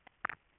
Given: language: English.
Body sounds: throat vibration sensor signal played as sound; swallow

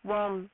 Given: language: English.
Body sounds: throat vibration sensor signal played as sound; speech

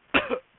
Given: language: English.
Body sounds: throat vibration sensor signal played as sound; cough

